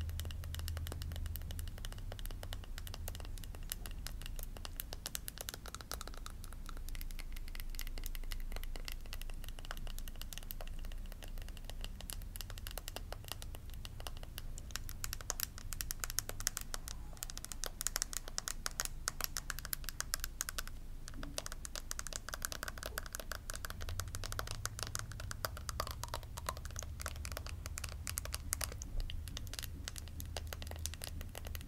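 Fast, dense tapping on glasses, teeth, nails, cheek and collarbone runs steadily throughout, crisp clicks over a low rumbling hum, with no talking.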